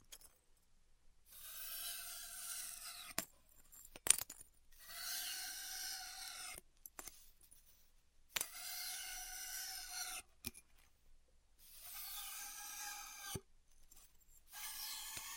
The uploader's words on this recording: ASMR Styrofoam Heat Cutting (No Talking).